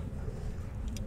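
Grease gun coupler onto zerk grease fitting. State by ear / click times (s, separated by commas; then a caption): seated / 1.0 s. A grease gun coupler is pushed onto a zerk grease fitting while greasing an RV chassis, over a steady low rumble. It pops on with a short, sharp click at 0.97 s, showing the coupler is hooked on and seated.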